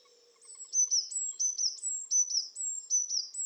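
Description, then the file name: Eurasian blue tit calls: a rapid series of high, thin, downslurred notes, with a faint low hum beneath. "Cyanistes caeruleus"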